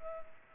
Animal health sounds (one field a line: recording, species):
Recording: mosquito wingbeat signal from an infrared sensor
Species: Culex pipiens